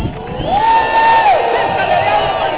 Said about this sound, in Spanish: ¿Dónde está la muerte esta noche? ¿Saben por qué no está aquí? ¡Porque tiene miedo! ¡A huevo! ¡Venga un grito para espantar la muerte de Ciudad Juárez!